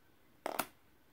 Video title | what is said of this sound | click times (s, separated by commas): Terävä Jääkäripuukko 110 from Varusteleka.com - First Look and Knife Comparisons (PG-13) | Clicks in there and it's not going | 0.5 s